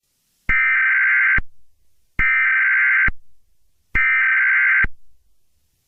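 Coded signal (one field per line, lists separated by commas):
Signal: Emergency Alert System (SAME) tones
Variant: header bursts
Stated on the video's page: Fictional EAS scenario using valid EAS tones.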